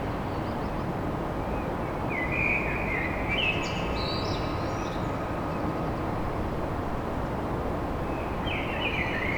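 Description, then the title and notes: Blackbird song with one long warbled phrase rising into a shrill twitter, then a shorter phrase near the end, set against loud steady background hum. Song of a blackbird recorded at dawn in Paris. "Blackbird At Paris. chant de merle à l'aube dans Paris"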